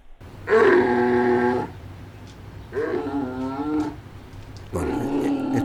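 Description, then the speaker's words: Giant Panda calling: three drawn-out, harmonic bleating calls separated by short pauses. In a zoo. "Esto sí, a lo mejor a alguien le recuerda a algún pariente, pero de hecho es más pariente nuestro, porque es el oso panda, el panda gigante, está grabado en un zoológico"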